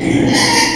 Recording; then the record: squeal of a Yucatan mini pig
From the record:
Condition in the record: before surgery on the right vocal fold (resection and tissue-engineered implant); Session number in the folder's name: 2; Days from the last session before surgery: 0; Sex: male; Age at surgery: 12 weeks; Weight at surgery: 13 kg